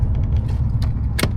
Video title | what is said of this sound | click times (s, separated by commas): Things Keep Breaking on our Van - Dealing with Van Issues on the Road | There we go. We heard it click. | 1.2 s